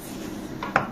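After the drive cable is turned slightly, the square-ended drive shaft of a Farmart BSA63 olive shaker is pushed back into the machine head. A soft scrape at about 0.6 s leads into a sharp metallic knock at 0.8 s. The shaft has slid fully home and is seated all the way to the bottom.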